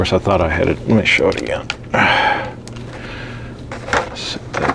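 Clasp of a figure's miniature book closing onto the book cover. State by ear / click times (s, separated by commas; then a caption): seated / 3.9 s. On a Mezco One:12 Dr. Doom figure, the plastic clasp of its miniature toy book is pressed closed onto the book cover on a second attempt while someone talks. It clicks into place at 3.9 s, and the clasp is seated.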